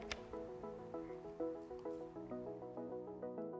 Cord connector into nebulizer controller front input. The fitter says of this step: sure you connect it to the front side of the controller pushing it in until you hear a slight click